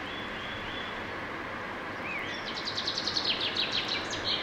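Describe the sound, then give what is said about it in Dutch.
The first chaffinch song of the season, recorded by Rob Buiter at the end of winter, February 2019: a quick run of bright, repeated high notes that speed up and tumble downward over a steady hiss of background noise, starting about halfway through. “Rob Buiter nam de eerste vinkenslag op.”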